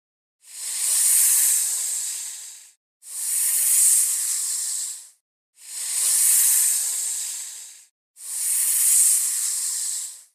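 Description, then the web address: Anaconda hissing, four long breathy hisses each lasting over two seconds, separated by short silent gaps, with no other sounds. "sound anaconda. صدای-آناکوندا"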